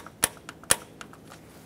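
An ignition coil mounting bolt on the engine valve cover of a 2012-2018 Nissan Altima 2.5L is tightened with a torque wrench set to 62 in-lbs. Two sharp, loud clicks at 0.2 s and 0.7 s show the wrench reaching its setting, with fainter ticks in between and after. The bolt is torqued to spec.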